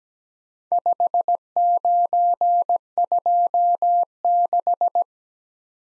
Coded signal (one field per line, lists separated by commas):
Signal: Morse code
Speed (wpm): 17 wpm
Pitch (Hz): 700 Hz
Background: none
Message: 5926